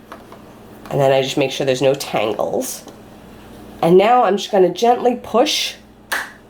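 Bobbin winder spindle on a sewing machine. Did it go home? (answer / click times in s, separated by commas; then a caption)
yes / 6.1 s. Someone talks while gently pushing the bobbin winder spindle on a sewing machine to the right, after making sure there are no tangles. A sharp click is heard at 6.1 s as the spindle seats in position, engaging winding mode on the sewing machine.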